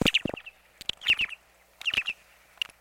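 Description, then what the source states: Short-billed Dowitcher calls: soft, mellow notes in short groups, repeated several times. Call described as low and mellow.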